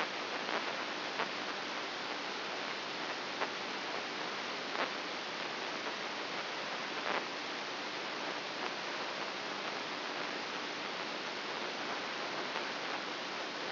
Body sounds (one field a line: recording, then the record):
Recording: brain microelectrode recording played as sound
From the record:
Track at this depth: inside the subthalamic nucleus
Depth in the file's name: 4.24 mm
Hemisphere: right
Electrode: 2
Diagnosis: Parkinson's disease